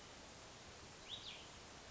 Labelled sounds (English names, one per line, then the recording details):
Cassin's Vireo
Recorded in Sonoma County, California